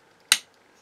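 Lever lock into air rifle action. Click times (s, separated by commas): 0.3 s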